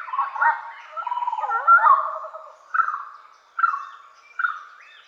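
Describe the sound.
Orange-footed scrubfowl calls: a rapid gurgling chatter with a wavering wail, followed by three loud separate calls.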